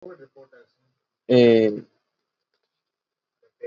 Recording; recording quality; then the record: sustained vowel as in made; excellent, no background noise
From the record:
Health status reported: COVID-19 positive, mild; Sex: male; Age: 30 years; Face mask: not worn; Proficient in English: yes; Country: India